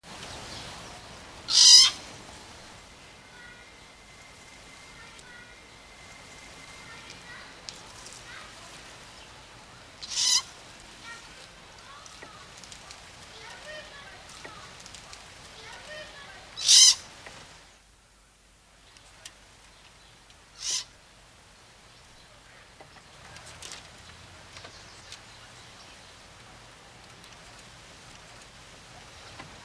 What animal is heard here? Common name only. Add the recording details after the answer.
European Pine Marten. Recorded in captivity. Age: adult. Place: Tierpark Berlin, Berlin, DE. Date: 1986-10-18. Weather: overcast, 6 °C, light winds. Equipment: Nagra SN, Kopie Uher. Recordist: Tembrock, Günter. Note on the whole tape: Als Edelmarder angegeben: Kreischlaute